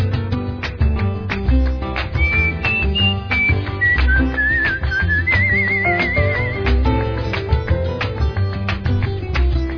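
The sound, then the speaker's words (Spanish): A high, thin whistled melody wavers and slides for several seconds over loud, steady band music with punchy drums and bass, then fades back into the instrumental. “Y en la escalera me siento a silbar mi melodía.”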